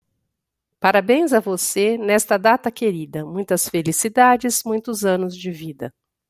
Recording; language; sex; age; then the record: short text; Brazilian Portuguese; female; 50 to 59 years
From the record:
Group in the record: control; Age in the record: 52 years